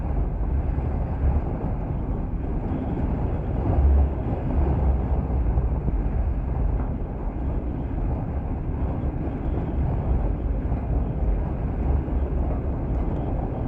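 Wind resonating in a flagpole, picked up by a contact mic, makes a steady, dense low rumble with a faint hum above it. The tone stays even throughout, with brief deeper swells around four seconds and again near twelve seconds.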